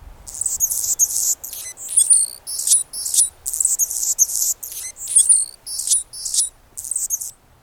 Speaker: Listen to this male Anna's hummingbird putting his glitter to work. There he goes, diving in display toward the female.